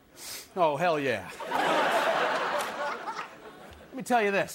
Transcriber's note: laughter